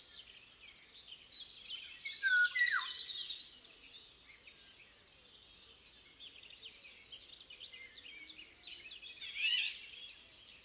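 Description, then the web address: Eurasian golden oriole call, a downward-sweeping note near 2.5 seconds over a dense chorus of high twittering birds. "Oropendola europea Oriolus oriolus. aves papafigos"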